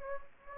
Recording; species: mosquito wingbeat signal from an infrared sensor; Anopheles gambiae